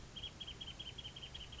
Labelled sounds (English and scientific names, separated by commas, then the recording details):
Wrentit (Chamaea fasciata)
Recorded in Sonoma County, California